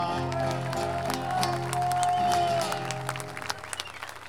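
An audience claps steadily as a sustained musical tone rings underneath, the applause thinning into scattered claps near the end, at the V International Meeting of Payadores in San José de Maipo.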